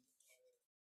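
The top telescoping section of a Clik-Clik magnetic balloon installation pole is being extended out of the next pole section, giving a soft sliding, scraping handling sound with a brief silent gap near 0.7 s. The clip ends before the section reaches its locked position, so nothing has seated or clicked yet.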